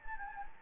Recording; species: mosquito wingbeat signal from an infrared sensor; Anopheles gambiae